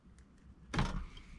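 A hex key is turned in an allen bolt on a steering wheel quick-release hub while removing the bolts, on a G35/350Z being worked on for a clockspring replacement. After faint ticks, the key slips in the bolt head at 0.8 s with a sharp metallic snap and brief scrape. The bolt head is stripped.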